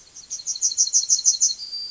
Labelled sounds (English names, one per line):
Yellowhammer song